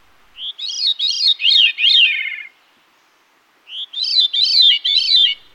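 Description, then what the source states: Veery song: two phrases of rolling, fluty notes, each opening with a short separate note, separated by about a second of silence. Forest thrush; among the earliest songbirds returning in spring; song sounds as if played through a hollow metal pipe.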